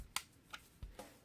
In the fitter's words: you just push in - you hear click and